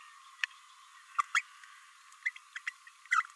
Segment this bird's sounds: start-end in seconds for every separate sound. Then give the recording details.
1.18-1.22, 1.34-1.42, 2.25-2.30, 2.67-2.70, 3.10-3.25. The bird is a female. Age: 29 days. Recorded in a nest box in Venezuela. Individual 17B32A5